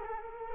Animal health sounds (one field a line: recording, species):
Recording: mosquito wingbeat signal from an infrared sensor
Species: Culex quinquefasciatus